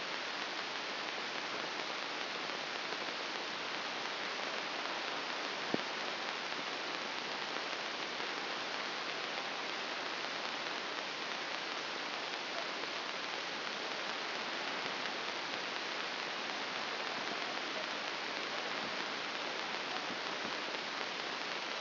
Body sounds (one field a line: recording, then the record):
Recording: brain microelectrode recording played as sound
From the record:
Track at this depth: inside the subthalamic nucleus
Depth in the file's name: 3.099 mm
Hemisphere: left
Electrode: 2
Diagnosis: Parkinson's disease